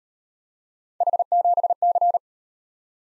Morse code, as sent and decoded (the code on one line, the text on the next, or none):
.... --... -.-.
H7C